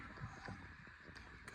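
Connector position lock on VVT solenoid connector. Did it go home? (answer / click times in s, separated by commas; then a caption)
no / none. The green connector position lock on the front VVT solenoid connector for cylinders 2 and 4 on a Jeep is handled as its locking tab is about to be pressed down. Two brief faint ticks near 1.2 s and 1.5 s rise over a low steady rumble. Nothing has seated or clicked yet.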